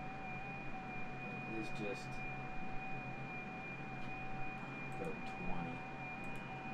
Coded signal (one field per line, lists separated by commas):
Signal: FT8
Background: speech